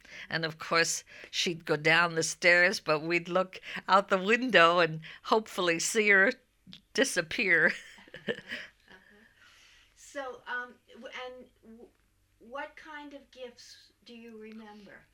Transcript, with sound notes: And, of course, she'd go down the stairs, but we'd look out the window and hopefully see her disappear. ( she laughs )
So, and what kind of gifts do you remember?